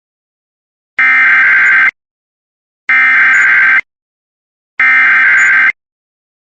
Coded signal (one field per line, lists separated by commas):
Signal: Emergency Alert System (SAME) tones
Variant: header bursts